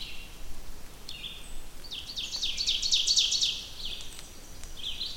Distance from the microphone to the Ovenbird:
about 15 m